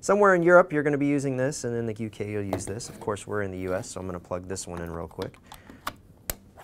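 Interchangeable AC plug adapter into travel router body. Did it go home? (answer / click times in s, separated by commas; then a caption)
yes / 6.3 s. Someone talks while fitting the interchangeable US wall-plug AC adapter onto the back of the plastic housing of a TRENDnet TEW-714TRU N150 wireless travel router. After a softer tick, a sharp click at 6.3 s marks the plug snapping and locking into place, seated.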